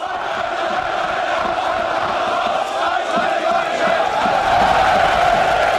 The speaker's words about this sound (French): Une pluie d'applaudissements, mais aussi des bras tendus et tout y est. Salut nazi et Sieg Heil.